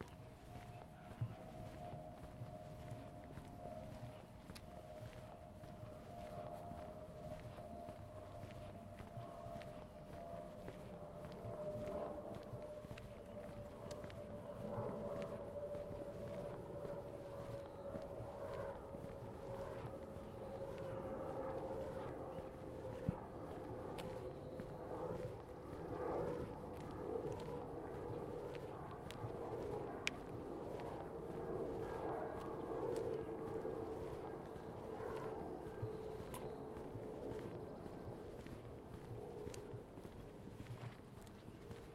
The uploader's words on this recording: Karen Eisenbrey and Keith Eisenbrey stroll in the neighborhood of the Tintinabulary, Seattle.